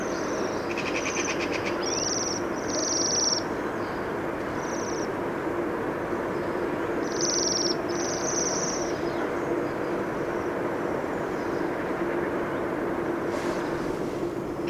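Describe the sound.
Bohemian waxwing giving high, thin trilled calls in short bursts over a steady low background hum.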